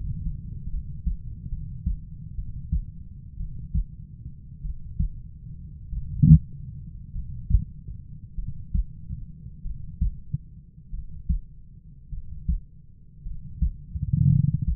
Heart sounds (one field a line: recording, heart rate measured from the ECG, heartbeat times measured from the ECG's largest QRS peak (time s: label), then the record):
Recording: heart sounds by stethoscope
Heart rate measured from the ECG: 53 bpm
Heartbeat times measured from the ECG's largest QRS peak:
0.70 s: heartbeat
1.50 s: heartbeat
2.36 s: heartbeat
3.38 s: heartbeat
4.62 s: heartbeat
5.90 s: heartbeat
7.12 s: heartbeat
8.35 s: heartbeat
9.62 s: heartbeat
10.91 s: heartbeat
12.10 s: heartbeat
13.23 s: heartbeat
14.30 s: heartbeat
From the record:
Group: healthy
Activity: rest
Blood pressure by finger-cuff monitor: 112/57 mmHg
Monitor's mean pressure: 72 mmHg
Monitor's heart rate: 49 bpm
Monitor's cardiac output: 4.5 L/min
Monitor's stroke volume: 91 mL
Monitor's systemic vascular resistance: 1090 dyn s/cm5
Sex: male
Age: 25 years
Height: 170 cm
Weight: 70.4 kg